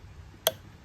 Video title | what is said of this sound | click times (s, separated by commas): Pressure washing pump leaking oil how to fix general pump tsf2021 replace oil seals and packings | you hear that little click right there so | 0.5 s